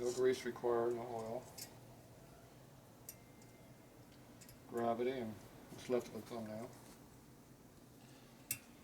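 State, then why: Seated. During a valve job and cylinder head rebuild on a 1965 Harley-Davidson 74ci FL/FLH panhead, a small metal valve-train part is pushed by thumb, dry with no grease or oil, onto the valve stem or guide in the cylinder head. Someone talks over a quiet background, and a faint tick comes at 3.1 s. A single sharp pop at 8.5 s marks the tight-fitting part snapping home, seated.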